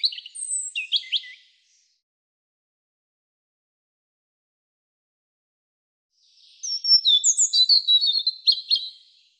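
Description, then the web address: European robin song: a short burst of high tinkling notes, a long pause, then a longer phrase of thin whistles and rapid trilled notes. "cianscape birddata Deverinetal 2025 Bird Er Ru"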